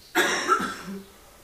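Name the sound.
cough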